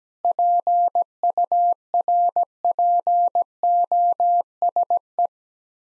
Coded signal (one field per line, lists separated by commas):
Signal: Morse code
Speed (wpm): 17 wpm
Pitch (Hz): 700 Hz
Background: none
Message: PURPOSE